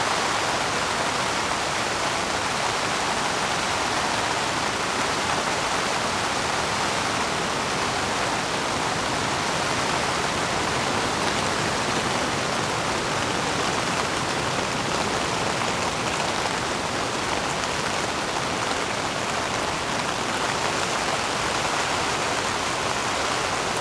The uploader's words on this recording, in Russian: Легкий Дождь на Палатке. Легкий стук дождя по полотну. Ритмичное падение капель дождя.